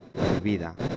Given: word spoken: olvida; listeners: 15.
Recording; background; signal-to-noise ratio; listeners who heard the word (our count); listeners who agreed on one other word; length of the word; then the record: one Spanish word in noise, from a listening test; noise modulated by one talker; 0.4 dB; 2 of 15; 6 of 15; 0.57 s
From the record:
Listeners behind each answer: 6, 2, 2, 2, 1, 1, 1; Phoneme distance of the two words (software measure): 24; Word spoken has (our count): 3 syllables, 6 phonemes, stress on syllable 2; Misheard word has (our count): 2 syllables, 4 phonemes, stress on syllable 1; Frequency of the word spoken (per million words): 12.12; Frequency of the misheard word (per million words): 809.46